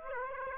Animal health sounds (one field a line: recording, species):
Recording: mosquito wingbeat signal from an infrared sensor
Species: Aedes aegypti